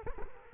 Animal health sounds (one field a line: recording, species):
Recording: mosquito wingbeat signal from an infrared sensor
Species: Culex quinquefasciatus